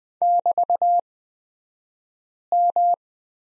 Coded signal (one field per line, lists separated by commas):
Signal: Morse code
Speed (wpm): 20 wpm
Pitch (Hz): 700 Hz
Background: none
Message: <BT>M